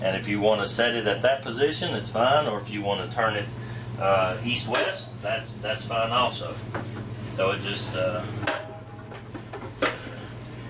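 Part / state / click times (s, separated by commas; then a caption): rotating fixture swivel lock in an RV interior / not seated / none. A rotating fixture with a swivel lock in the interior of a 2017 Keystone RV Co Montana 3820FK is handled, turning 180 degrees while someone talks. Light handling noises sit under the speech, with a brief knock near 9.5 s. The clip ends before the lock engages, so nothing has seated or clicked yet.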